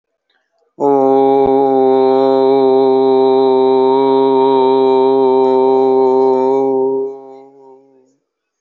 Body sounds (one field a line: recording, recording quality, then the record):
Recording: sustained vowel as in boot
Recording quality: excellent, no background noise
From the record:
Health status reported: healthy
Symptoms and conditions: hypertension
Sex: male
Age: 50 years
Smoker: not ticked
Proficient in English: yes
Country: India